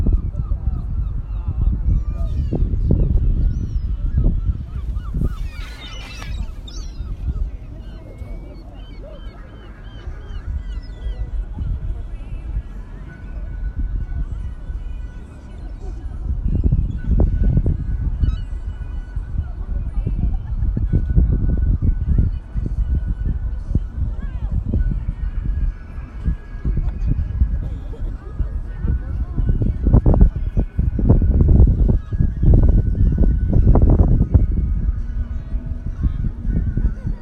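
Blustery sea wind rumbles low and steady on a beach, with gusts swelling near 17 and 30–35 seconds, voices, and occasional bird calls.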